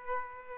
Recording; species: mosquito wingbeat signal from an infrared sensor; Aedes aegypti